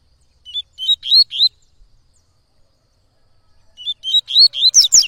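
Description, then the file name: Yellow-bellied seedeater song: a phrase of four clear whistled upslurs, a pause of about two seconds, then a longer phrase ending in loud buzzy high notes. "canto de coleiro baiano"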